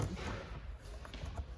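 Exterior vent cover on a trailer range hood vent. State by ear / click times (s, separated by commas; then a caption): not seated / none. The exterior plastic range hood vent cover on a 2023 Forest River Wildwood 27 REX travel trailer is handled while being pressed closed. Low rumbling and soft handling noises are heard, with a brief knock at 1.1 s. The clip ends before the flap goes home, so nothing has seated or clicked yet.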